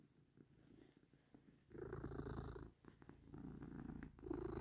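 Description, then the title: Cat purring, a low rumbling purr that grows louder partway through, with a brief dip before swelling again. "ASMR cat purring"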